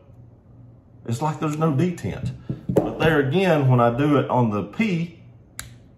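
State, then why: Released. A man talks about a pistol's thumb safety. Then, at 5.6 s, the steel thumb safety on a second, comparison pistol gives a sharp little click as it is pushed out of its detent in the frame. The safety is released, and the detent click is clear, unlike on the faulty pistol, whose safety has no detent feel.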